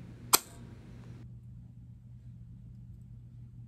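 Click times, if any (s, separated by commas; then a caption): 0.4 s. A plastic continuous glucose monitor sensor applicator with a gray top is pushed against the skin of the upper arm until it fires. A single loud, sharp click rings out at 0.4 s, followed by a faint low hum. The sensor is set in place.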